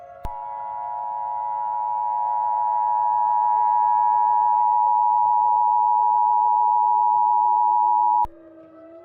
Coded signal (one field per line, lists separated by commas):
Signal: Emergency Alert System (SAME) tones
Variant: 853 and 960 Hz attention tone